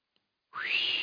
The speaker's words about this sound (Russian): Присвистнул, наконец, кто-то менее впечатлительный.